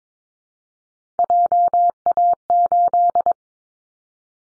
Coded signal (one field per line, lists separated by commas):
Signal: Morse code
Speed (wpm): 22 wpm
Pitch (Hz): 700 Hz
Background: none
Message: JA8